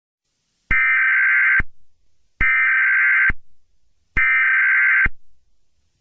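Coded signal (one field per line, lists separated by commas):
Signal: Emergency Alert System (SAME) tones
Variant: header bursts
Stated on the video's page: Fictional scenario containing both valid and invalid EAS tones, with distorted effects.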